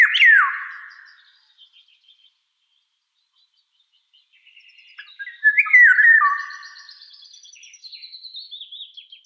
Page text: Иволга обыкновенная (Oriolus oriolus) - Пение